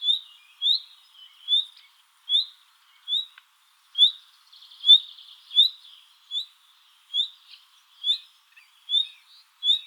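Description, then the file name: Common nightingale repeating a clear rising whistle roughly once a second, with some faint scratchy notes in between. "Luscinia megarhynchos"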